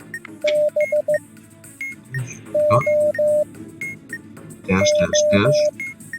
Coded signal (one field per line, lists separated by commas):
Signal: Morse code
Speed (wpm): 15 wpm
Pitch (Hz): 600 Hz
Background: speech, music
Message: BOO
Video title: KTANE - How to - Transmitted Morse